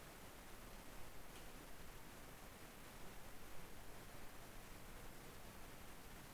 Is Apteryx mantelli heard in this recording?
no